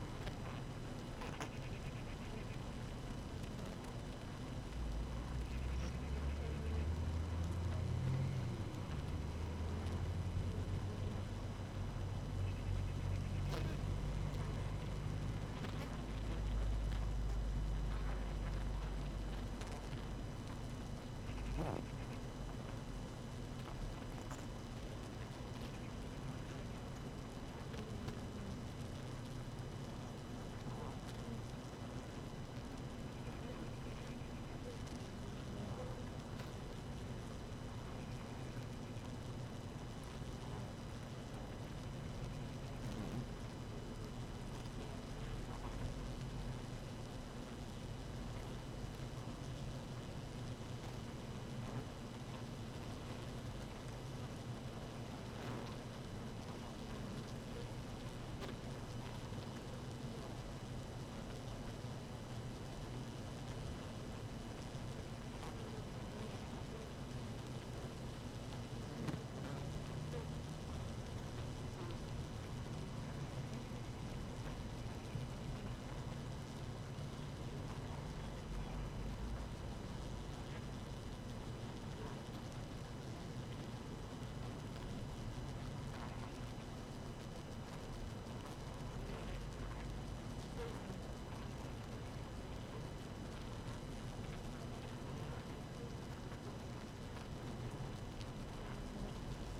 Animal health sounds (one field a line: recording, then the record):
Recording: honeybee colony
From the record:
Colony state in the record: active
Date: 12 June 2018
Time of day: 6:06